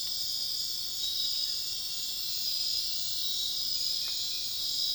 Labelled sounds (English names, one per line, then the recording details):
none
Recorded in dense forest near Puerto Asís, Putumayo, Colombia, on 20 February 2024 at 03:30
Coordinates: 0.502, -76.324
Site G6370